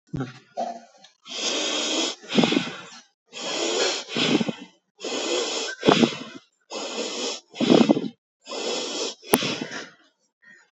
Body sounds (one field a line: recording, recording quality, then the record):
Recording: shallow breathing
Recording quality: excellent, no background noise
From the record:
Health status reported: healthy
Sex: male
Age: 64 years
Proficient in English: yes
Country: India